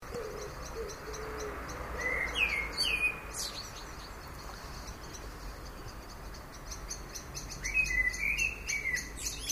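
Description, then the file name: Common blackbird song: two mellow fluted phrases around two and eight seconds, the first ending in a squeaky high twitter, over a steady ticking. "Turdus merula"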